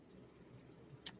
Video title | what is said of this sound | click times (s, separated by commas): Building Computers - Blue's Coins new computer | so one I heard it I heard it click | 1.1 s